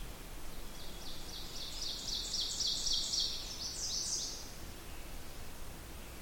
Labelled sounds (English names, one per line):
Ovenbird song